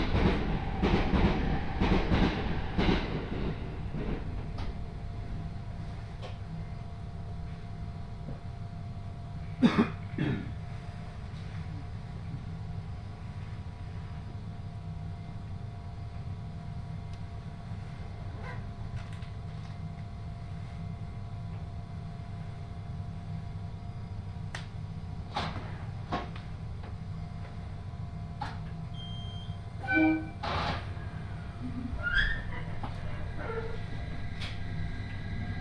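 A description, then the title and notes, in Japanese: Inside a Uetsu Line train car, a steady low rumble runs throughout with a faint constant hum above it. Rapid clattering knocks open the first few seconds, then sharper clacks come around 10, 25 and 30 seconds, with brief high tones near 30 seconds. 耳で楽しむ鉄道旅 羽越本線 羽後本荘→秋田。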